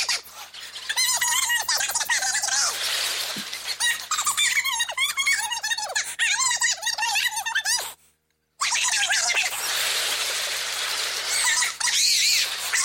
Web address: doublenight bobcat